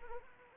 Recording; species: mosquito wingbeat signal from an infrared sensor; Anopheles arabiensis